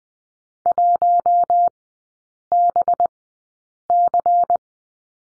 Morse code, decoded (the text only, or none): 1BC